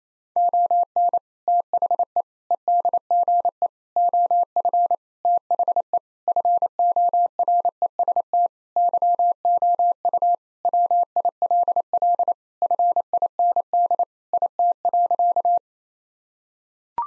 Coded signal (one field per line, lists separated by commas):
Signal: Morse code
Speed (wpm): 27 wpm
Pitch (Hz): 700 Hz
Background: none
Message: ON THE EDGE OF THE FOREST YOU WILL FIND IT.